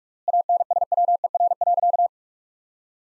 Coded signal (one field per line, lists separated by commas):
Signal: Morse code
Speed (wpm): 46 wpm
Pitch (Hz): 700 Hz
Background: none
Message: ANSWER.